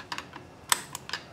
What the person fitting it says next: There we go, it went in. I heard it click.